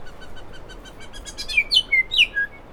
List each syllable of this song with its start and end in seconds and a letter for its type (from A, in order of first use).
0.05-0.10 A, 0.20-0.25 A, 0.35-0.40 A, 0.51-0.57 A, 0.68-0.74 A, 0.83-0.89 A, 0.99-1.05 A, 1.12-1.18 A, 1.24-1.30 A, 1.36-1.43 A, 1.48-1.62 B, 1.69-1.80 C, 1.88-2.02 D, 2.09-2.24 E, 2.31-2.45 F, 2.51-2.59 G